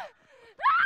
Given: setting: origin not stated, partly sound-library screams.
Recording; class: one-second piece from a danger detection set; woman in danger